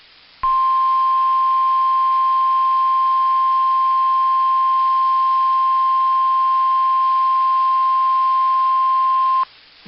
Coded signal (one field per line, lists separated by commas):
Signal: Emergency Alert System (SAME) tones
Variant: 1050 Hz attention tone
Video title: EAS 1733-1737 (4/30/22)